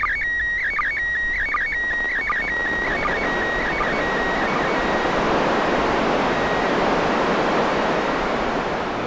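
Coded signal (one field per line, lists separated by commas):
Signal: SSTV (slow-scan television)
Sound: warbling tone with regular short blips fading out after four seconds into hiss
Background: radio static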